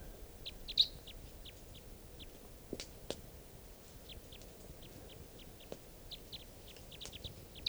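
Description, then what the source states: Crossbill calls: short sharp notes repeated irregularly throughout, with a few louder chips. Wild crossbills, possibly type 3, three birds coming down near camp, around 6:00 p.m.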